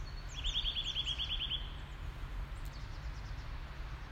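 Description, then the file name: Eurasian nuthatch calling with a quick run of about ten sharp, high piping notes at the start, then fading to low rumbling background noise. "Sitta europaea"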